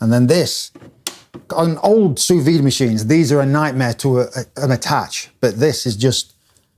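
Someone talks throughout while a sous vide circulator's clamp is handled on the side of its plastic cooking container, with a faint short tick near 6.6 s as the speech ends. Nothing has clicked or seated onto the container yet.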